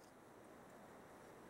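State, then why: Not seated. The back section of a plastic Transformers Prime Beast Hunters Cyberverse Legion Smokescreen action figure, which has tiny tabs on it, is brought down and lined up before being worked into place while someone talks. Only a steady, even hiss with faint rustling is heard, with no sharp sounds. Nothing has snapped or clicked into place yet.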